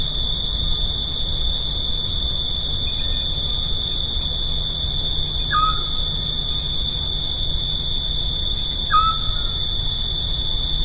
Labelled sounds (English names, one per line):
Eurasian Scops Owl song